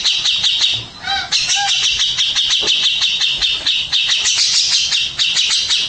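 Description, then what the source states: Birds chirping in a dense, shrill chorus of rapid high notes repeating almost without pause, with a few lower whistled slurs mixed in. Mixed birds calling together.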